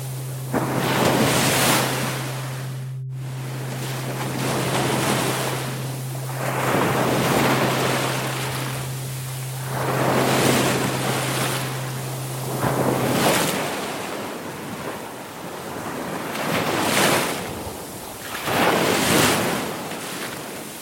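Ocean waves wash in and draw back in slow, regular swells, each surge cresting roughly every three seconds with a hissing spray. A steady low tone hums beneath them for the first thirteen seconds, then stops. A brief dropout interrupts everything near three seconds.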